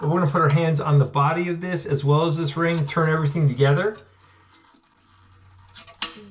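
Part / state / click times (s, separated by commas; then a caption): flush valve canister in toilet tank flush valve body / released / 6.0 s. Someone talks while gripping the canister body and locking ring of a Kohler toilet flush valve in the toilet tank. After a quiet stretch, both are turned counterclockwise together, and the plastic bayonet releases with a sharp pop at 6.0 s. The flush valve canister comes loose.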